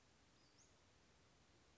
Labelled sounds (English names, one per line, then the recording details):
Western Flycatcher
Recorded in Sonoma County, California